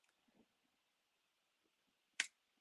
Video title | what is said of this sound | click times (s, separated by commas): 8IGHT-X 2.0 Build Series, Rear Clip, Bag E | Yeah, kind of clicks on, but do | 2.2 s